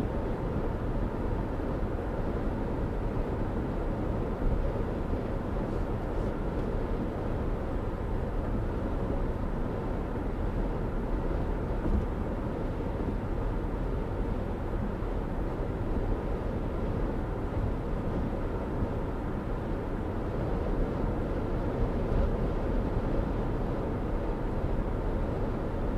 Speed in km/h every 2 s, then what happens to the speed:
116, 114, 114, 114, 114, 114, 114, 114, 114, 116, 114, 114, 114.
0-26 steady at about 114.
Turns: none.